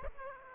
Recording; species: mosquito wingbeat signal from an infrared sensor; Aedes aegypti